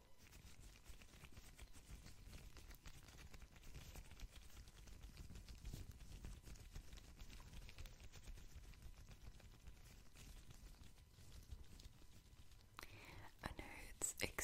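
Soft tapping and rubbing on gloves and cotton with lotion, a steady busy layer of small dull taps and muffled brushing throughout. Near the end, around thirteen seconds, a few sharper, brighter crinkling sounds rise above the low rumble.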